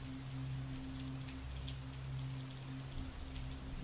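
Heavy swirling rain pours down on a street in a dense, steady hiss, with scattered sharper droplet patters and a constant low hum underneath, no voices present.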